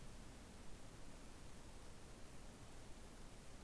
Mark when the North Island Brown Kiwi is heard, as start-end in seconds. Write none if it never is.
none